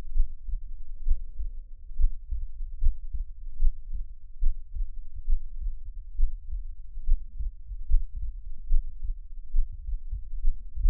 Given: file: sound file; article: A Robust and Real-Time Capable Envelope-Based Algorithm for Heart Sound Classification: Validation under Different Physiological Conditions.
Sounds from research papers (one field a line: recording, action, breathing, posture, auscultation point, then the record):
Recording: heart sounds by electronic stethoscope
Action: rest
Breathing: normal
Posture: lying on left side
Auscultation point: Erb’s point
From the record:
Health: healthy, no known heart disease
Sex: male